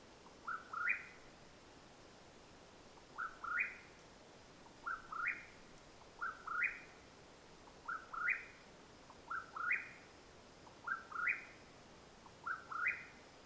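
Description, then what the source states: Mexican whip-poor-will calling, a three-part whistled phrase rising at the end, repeated eight times over a quiet, steady background hiss. Call at nightfall in Madera Canyon, Arizona, USA, 21 April 2022.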